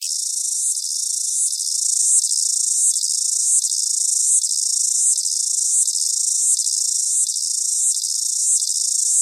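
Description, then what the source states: Cicada song: loud, continuous high buzzing with a regular pulsing beat about every 0.7 seconds, steady throughout with no other sounds. New Zealand species.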